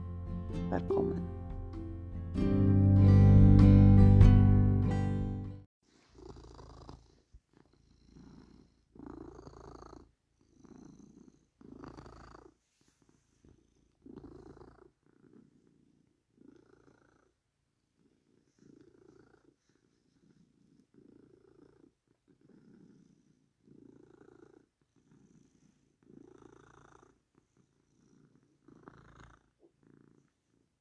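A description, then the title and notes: A cat purrs, starting with a loud rumbling burst, then settling into quieter, steady pulses about once every second or so. ASMR cat purring.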